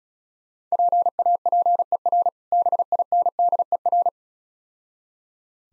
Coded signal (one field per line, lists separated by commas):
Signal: Morse code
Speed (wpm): 36 wpm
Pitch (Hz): 700 Hz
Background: none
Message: PAPER BINDER